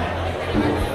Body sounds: background sound without coughing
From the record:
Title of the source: CITY SOUNDS Busy Bar in the Evening Night - 2 HOURS of Ambiance for Relaxation

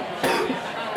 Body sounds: coughing mixed with background sound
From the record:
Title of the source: Coughing 77

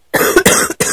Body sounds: coughing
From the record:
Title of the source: 30 Chesty and wet cough

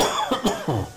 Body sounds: coughing mixed with background sound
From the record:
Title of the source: Spring Allergy Coughing

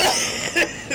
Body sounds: coughing mixed with background sound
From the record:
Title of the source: Dry Afternoon Cough

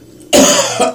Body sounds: coughing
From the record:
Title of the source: Residual Phlegmy Morning Coughing and Gagging

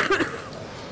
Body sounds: coughing mixed with background sound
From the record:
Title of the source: 31 night wet cough

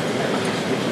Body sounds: background sound without coughing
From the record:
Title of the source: Office Sounds Ambience - Background Noise for Study and Work

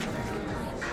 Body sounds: background sound without coughing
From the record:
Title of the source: 60 minutes of coffee shop sounds for study and concentration

